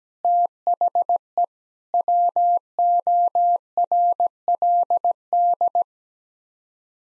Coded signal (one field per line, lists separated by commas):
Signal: Morse code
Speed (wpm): 17 wpm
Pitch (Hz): 700 Hz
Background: none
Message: THE WORLD